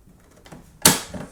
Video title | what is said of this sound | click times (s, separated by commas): HP DeskJet 2842e & 2855e : How to Load The Ink Cartridges | Glide it like this, and then with your thumb, any finger, just push it up until it clicks. | 0.9 s